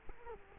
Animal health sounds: mosquito wingbeat signal from an infrared sensor; Culex quinquefasciatus

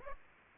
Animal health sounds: mosquito wingbeat signal from an infrared sensor; Aedes aegypti

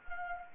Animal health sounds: mosquito wingbeat signal from an infrared sensor; Anopheles arabiensis

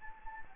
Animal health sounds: mosquito wingbeat signal from an infrared sensor; Anopheles gambiae

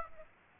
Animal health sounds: mosquito wingbeat signal from an infrared sensor; Aedes aegypti

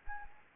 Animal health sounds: mosquito wingbeat signal from an infrared sensor; Anopheles gambiae

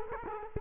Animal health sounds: mosquito wingbeat signal from an infrared sensor; Culex quinquefasciatus

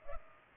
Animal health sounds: mosquito wingbeat signal from an infrared sensor; Culex pipiens

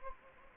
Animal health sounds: mosquito wingbeat signal from an infrared sensor; Anopheles gambiae

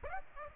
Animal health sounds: mosquito wingbeat signal from an infrared sensor; Aedes aegypti

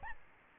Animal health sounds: mosquito wingbeat signal from an infrared sensor; Aedes albopictus

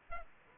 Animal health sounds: mosquito wingbeat signal from an infrared sensor; Aedes aegypti

